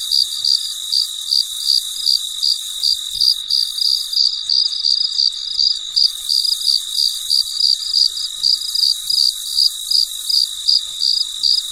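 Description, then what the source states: Cricket giving rapid pulsed chirps, about three each second, with a constant high insect buzz behind. Recorded late at night; described as very quiet and peaceful.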